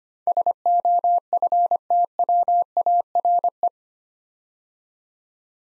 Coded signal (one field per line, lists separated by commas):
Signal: Morse code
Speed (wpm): 25 wpm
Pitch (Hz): 700 Hz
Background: none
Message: SOFTWARE